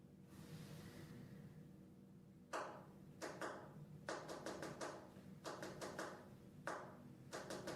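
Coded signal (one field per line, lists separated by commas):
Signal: tap code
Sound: groups of sharp knocks on a hard surface after a quiet start, spaced irregularly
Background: room hum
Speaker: When we weren't together, we'd send secret messages by tapping out a code that we learn from a book. the code. Something prisoners of war would use out on radiator pipes or the attic floor.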